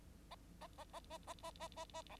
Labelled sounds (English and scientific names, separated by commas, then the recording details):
Bengalese Finch (Lonchura striata domestica) song
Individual Bird9